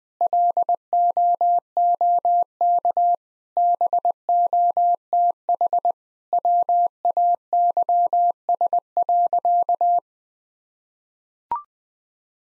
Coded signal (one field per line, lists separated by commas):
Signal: Morse code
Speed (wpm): 20 wpm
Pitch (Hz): 700 Hz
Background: none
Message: LOOK BOTH WAYS.